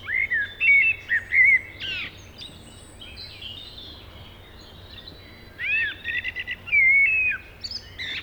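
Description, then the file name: Common blackbird song in two bursts of fluty whistles and squeaky twittering, separated by a few seconds of hissy background. "Turdus merula"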